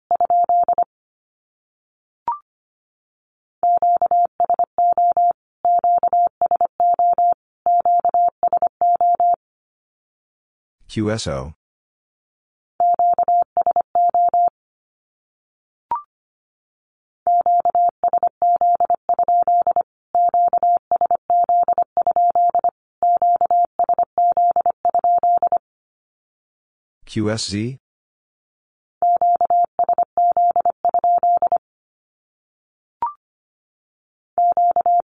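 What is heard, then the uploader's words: Morse code tapped out as a clean, steady mid-pitched tone, with short dots and longer dashes grouped into letters separated by brief gaps. Twice, near eleven and twenty-seven seconds, a short burst of harsh noise cuts in, and faint clicks appear between groups. Q-Codes Repeated 3x 25wpm. First, the Q-code is sent in Morse code three times as either a statement or a question. Then it is spoken. Finally, it is sent again in Morse code.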